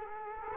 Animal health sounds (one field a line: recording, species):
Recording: mosquito wingbeat signal from an infrared sensor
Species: Culex quinquefasciatus